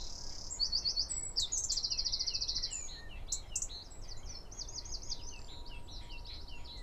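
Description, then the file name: Eurasian wren singing a fast, loud run of high metallic trills and twittering notes that carries on almost without a break, over a soft low rumble. "Troglodytes troglodytes"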